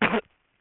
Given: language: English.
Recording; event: throat vibration sensor signal played as sound; cough